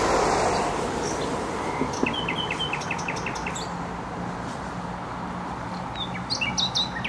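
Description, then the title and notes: Nightingale gives a short run of repeated sharp notes, then scattered chirps near the end, partly buried in loud steady traffic roar. Singing in bushes close to a noisy motorway, Bródno-Podgrodzie, Warsaw, Poland; recorded on an Olympus LS-11. "Bródno-Podgrodzie, Warszawa, Polska - Trasa Toruńska Nightingale. Recording nightingale singing in bushes close to noisy motorway"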